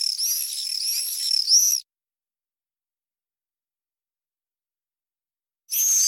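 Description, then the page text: Common swift screams, shrill high trilled bursts for about two seconds, then a long silence before the screaming resumes at the end. Lure call for playback to attract swifts to nest boxes and artificial nest sites. "apus apus ansiedeln. Klangattrappe für Schwalben und Mauersegler"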